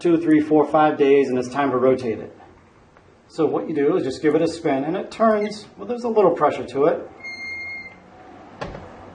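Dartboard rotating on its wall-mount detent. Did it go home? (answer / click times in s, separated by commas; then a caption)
yes / 8.6 s. Someone talks while a One80 Gladiator 3 dartboard is spun on its wall mount against slight pressure, rotating it to its next indexed position. At 8.6 s a sharp click is heard as the rotation detent seats, clicking the board firmly into place.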